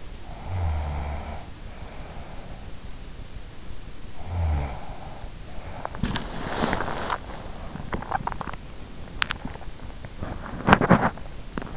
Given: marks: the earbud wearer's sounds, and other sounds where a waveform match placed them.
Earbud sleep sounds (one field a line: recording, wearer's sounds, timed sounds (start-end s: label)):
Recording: sounds in sleep by an in-ear microphone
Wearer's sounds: snoring breath, body movement, teeth grinding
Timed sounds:
0.12-2.61 s: snoring breath
4.12-5.21 s: snoring breath
5.68-11.77 s: body movement
8.70-9.75 s: teeth grinding